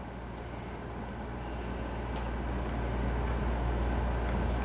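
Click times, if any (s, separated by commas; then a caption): none. A soldered ESC connector pin is pushed into its plastic plug housing with a small screwdriver. A steady low, broadband hum grows slightly louder throughout, with a brief sharp sound only at the very end. The pin has not clicked into the housing yet.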